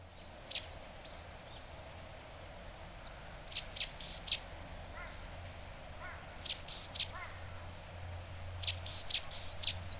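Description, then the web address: Japanese tit calls: short clusters of high, buzzy, scratchy notes in four bursts, with a few softer lower chirps between them and a steady low hum underneath. Recorded in Kaji, Hyogo, Japan, on August 2. "koe sijuukara 3 0802 hyogo kaji"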